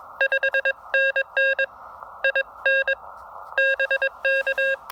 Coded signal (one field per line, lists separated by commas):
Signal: Morse code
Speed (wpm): 22 wpm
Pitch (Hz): 1600 Hz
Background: none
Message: 5NN IN BK